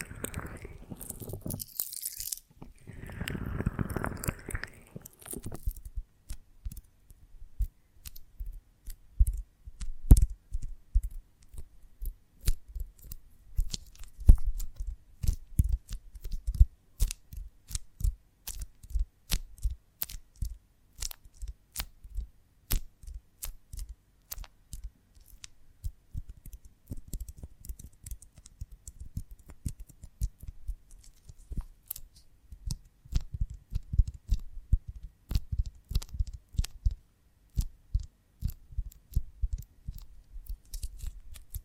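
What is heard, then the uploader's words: A honeycomb on a branch is handled, opening with a few seconds of loud, rough rustling and crunching. After that comes a long run of small, sharp clicks and crackles, irregular but fairly dense, some brighter snaps standing out, with soft low thumps underneath throughout. ASMR of a Honeycomb on Branch (No Talking).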